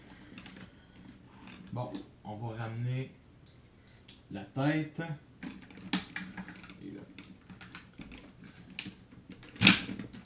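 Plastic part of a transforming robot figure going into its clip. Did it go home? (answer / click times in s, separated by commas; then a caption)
no / none. Someone talks while bringing the head section of a Transformers Cybertron Primus robot figure round during its transformation and pressing a plastic part into its clip, with scattered light plastic taps and handling knocks and one sharper knock near the end. The part does not clip in and nothing has clipped yet; this piece has trouble clipping, which is considered normal.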